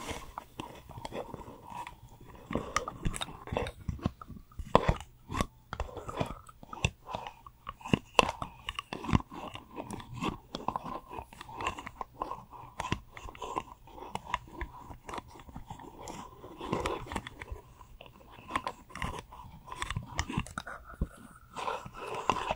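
Skincare routine sounds: a steady run of crisp crackles, taps and sticky snapping, irregular but close-packed, with some sharper bursts near the five and seventeen second marks. A faint low hum sits underneath throughout, and the crunchy clicks keep going without pause to the end.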